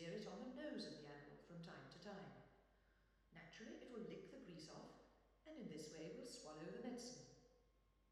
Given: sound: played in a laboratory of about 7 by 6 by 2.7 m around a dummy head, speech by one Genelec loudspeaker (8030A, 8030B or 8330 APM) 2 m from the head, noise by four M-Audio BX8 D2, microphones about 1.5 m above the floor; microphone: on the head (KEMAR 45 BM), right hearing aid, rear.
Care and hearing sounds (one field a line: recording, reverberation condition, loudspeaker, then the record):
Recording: female speech in English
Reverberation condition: high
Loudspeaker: 90 degrees to the right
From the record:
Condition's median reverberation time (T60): about 1300 ms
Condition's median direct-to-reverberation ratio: about -4.0 dB